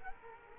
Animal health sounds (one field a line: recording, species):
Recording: mosquito wingbeat signal from an infrared sensor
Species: Culex quinquefasciatus